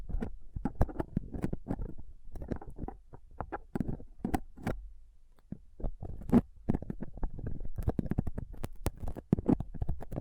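A microphone is roughly picked and scratched with a dental pick, tweezers and a cotton swab. Dense, irregular scrapes and sharp clicks follow one another with a low rumbling thud beneath, some snapping brightly. A brief lull comes around the five-second mark.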